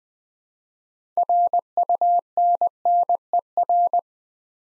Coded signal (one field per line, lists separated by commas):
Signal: Morse code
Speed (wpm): 20 wpm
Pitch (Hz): 700 Hz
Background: none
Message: RUNNER